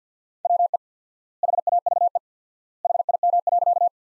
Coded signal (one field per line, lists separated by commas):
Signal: Morse code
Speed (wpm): 50 wpm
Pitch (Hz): 700 Hz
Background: none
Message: WE HAVE HIM.